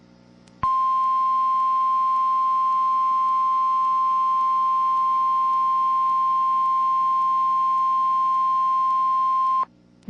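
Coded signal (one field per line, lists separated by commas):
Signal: Emergency Alert System (SAME) tones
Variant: 1050 Hz attention tone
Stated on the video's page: Real Tornado Warning with valid EAS tones.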